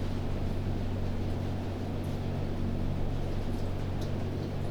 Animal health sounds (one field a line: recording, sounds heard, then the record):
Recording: poultry house recording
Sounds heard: no chicken sound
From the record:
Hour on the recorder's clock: 0